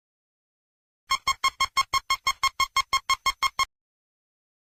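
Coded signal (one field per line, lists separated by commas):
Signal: none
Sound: piano music notes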